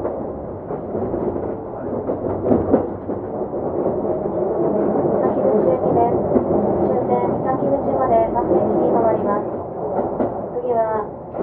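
A Keikyu 2100 series train runs between Yokohama and Misakiguchi, its steady low rumble filling the whole recording. Several clicks and thumps come near the start. From about six seconds, rising and falling tones and what may be faint voices sit over the running noise.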